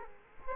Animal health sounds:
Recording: mosquito wingbeat signal from an infrared sensor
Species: Culex quinquefasciatus

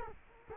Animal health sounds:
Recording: mosquito wingbeat signal from an infrared sensor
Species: Culex quinquefasciatus

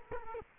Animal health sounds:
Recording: mosquito wingbeat signal from an infrared sensor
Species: Culex quinquefasciatus

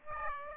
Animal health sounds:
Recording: mosquito wingbeat signal from an infrared sensor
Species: Aedes aegypti

